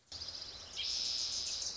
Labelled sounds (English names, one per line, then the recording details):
Wilson's Warbler
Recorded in Sonoma County, California